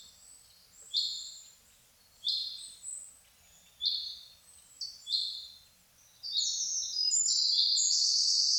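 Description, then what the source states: Birds calling with scattered high chirps, then a continuous bright twittering chorus swelling in the last few seconds. Birds singing in a forest in the morning.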